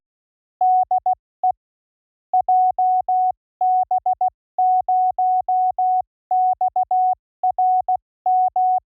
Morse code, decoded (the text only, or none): DE JB0XRM